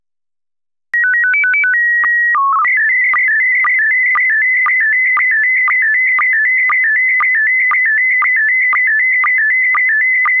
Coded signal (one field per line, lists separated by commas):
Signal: SSTV (slow-scan television)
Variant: PD 120